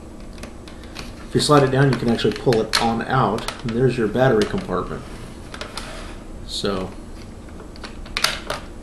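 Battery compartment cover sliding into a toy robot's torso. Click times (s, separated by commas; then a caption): 8.2 s. Someone talks while handling the plastic battery compartment section of a 1985 Transformers G1 Omega Supreme toy robot, with light plastic taps and slides under the speech. The section is slid back up into the toy's torso, and two sharp clicks at 8.2 s and 8.2 s mark it locking into place, completing the front of the torso.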